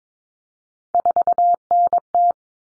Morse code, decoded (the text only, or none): 4NT